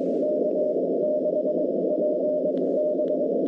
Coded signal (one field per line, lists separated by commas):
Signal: Morse code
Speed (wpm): 21 wpm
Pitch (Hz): 600 Hz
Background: none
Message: K6PB